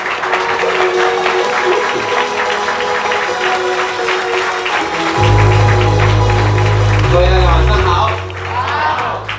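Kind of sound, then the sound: crowd, audience applause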